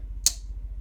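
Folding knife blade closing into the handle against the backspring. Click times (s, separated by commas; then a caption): 0.3 s. The steel main blade of a Case slip joint pocket knife with chestnut bone handles is folded shut and snaps closed into the handle against its backspring with one sharp, bright click at 0.3 seconds, over a faint low background hum. The blade seats fully with great snap.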